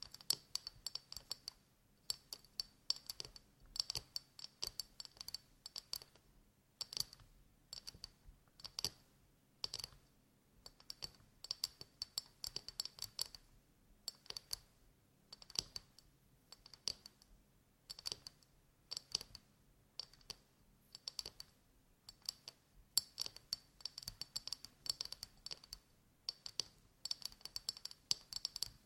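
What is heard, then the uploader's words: Quick, sharp tapping comes in irregular bursts, like fingers drumming on a hard surface, with brief pauses every few seconds. Each tap is crisp and clicky, bright with a slight ring. A faint low hum sits underneath. ASMR Tapping For Sleep and Endless Tingles (No Talking).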